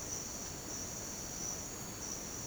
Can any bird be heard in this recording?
no